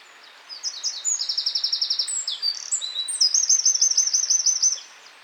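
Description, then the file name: Eurasian wren song, one sustained outburst of about four seconds, with fast, ringing high trills and varied chattering notes tumbling together. "Troglodytes troglodytes"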